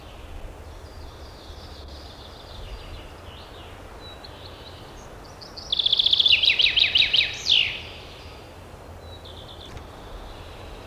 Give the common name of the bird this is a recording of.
Common Chaffinch